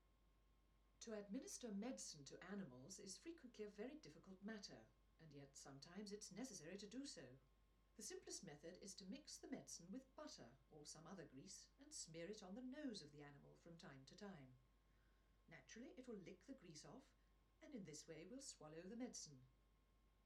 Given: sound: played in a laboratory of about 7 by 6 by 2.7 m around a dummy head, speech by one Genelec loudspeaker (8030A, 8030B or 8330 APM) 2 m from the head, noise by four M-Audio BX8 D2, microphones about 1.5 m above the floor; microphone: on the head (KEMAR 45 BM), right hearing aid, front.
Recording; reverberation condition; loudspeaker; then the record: female speech in English; low; in front (0 degrees)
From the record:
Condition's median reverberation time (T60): about 310 ms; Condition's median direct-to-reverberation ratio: about 3.5 dB